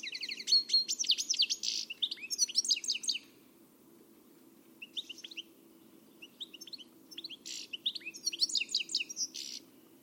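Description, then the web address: Bird song in bursts of high, jumbled chirps and trills, a pause of over a second, then short scattered notes building into another rapid, tumbling phrase. "Deverinetal. Bird Only"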